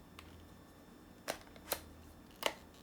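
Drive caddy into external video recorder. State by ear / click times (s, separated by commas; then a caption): seated / 2.5 s. A plastic drive caddy is slid into the slot of an Atomos Ninja-2 field video recorder and pushed home. Small handling taps come at about 0.2, 1.3 and 1.7 s, then a sharp latch click at 2.5 s as the caddy seats.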